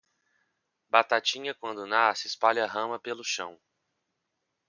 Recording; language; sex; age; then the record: short text; Brazilian Portuguese; male; 30 to 39 years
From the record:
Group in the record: control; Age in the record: 34 years